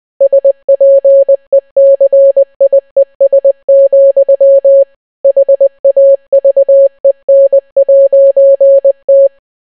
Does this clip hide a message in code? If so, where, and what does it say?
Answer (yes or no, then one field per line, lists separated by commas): yes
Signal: Morse code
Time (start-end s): 0.2-9.3 s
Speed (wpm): 20 wpm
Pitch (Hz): 550 Hz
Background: none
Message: SPECIES, HAVEN'T